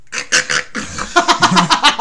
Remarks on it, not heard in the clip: I told him how he snores. It's so unsatisfying. It's not a single... He's having a machine gun battle in his dreams.